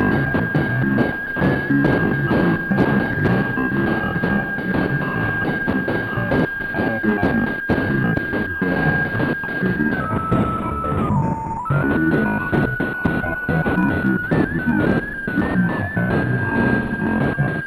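Shortwave radio played live on an old analog set: a dense, steady wash of crackling static and garbled noise with a thin whistling tone running throughout. Around ten to twelve seconds the whistle slides down in pitch, then climbs back as the tuning shifts.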